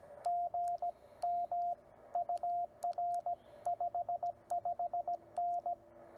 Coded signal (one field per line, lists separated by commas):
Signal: Morse code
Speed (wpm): 17 wpm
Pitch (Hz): 700 Hz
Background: radio noise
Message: GM UR 55N